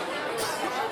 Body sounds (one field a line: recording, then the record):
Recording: coughing mixed with background sound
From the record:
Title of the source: Coughing 79